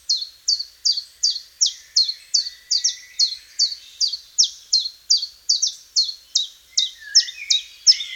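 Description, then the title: Common chiffchaff song of rapid, evenly spaced high notes, with a brief lower downslurred note near the end. "Sylvain Jaskowiak - Mes piafs. Pouillot véloce"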